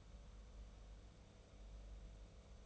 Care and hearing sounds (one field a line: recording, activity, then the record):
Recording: daily activity, microphone in the room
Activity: make coffee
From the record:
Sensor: 1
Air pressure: 994.5 hPa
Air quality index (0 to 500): 228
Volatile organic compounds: 1000 ppm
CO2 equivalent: 8198 ppm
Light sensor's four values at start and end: 145/332/148/163 and 144/331/147/162